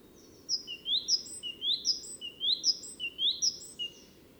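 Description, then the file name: Great tit delivering a steady run of two-note units, a high piercing note and a lower rising one, repeated rhythmically without a break, over a soft background hiss. "Parus major"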